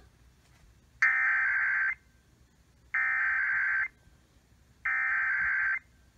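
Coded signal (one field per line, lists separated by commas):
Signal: Emergency Alert System (SAME) tones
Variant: header bursts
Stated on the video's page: Nighttime weekly EAS test received on 93.9 FM.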